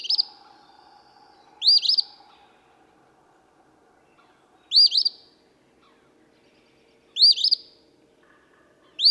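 Eastern phoebe song: short raspy two-part phrases, a sharp rising note then a buzzy stutter, repeated about every two and a half seconds, with faint low background hum.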